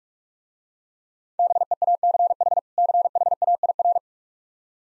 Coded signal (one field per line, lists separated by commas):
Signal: Morse code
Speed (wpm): 45 wpm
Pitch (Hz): 700 Hz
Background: none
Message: BEACH CHAIR